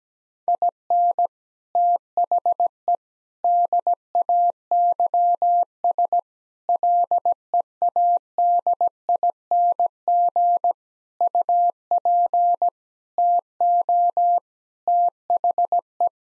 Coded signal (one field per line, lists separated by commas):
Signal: Morse code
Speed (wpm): 17 wpm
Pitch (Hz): 700 Hz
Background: none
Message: IN THE DAYS LEADING UP TO THE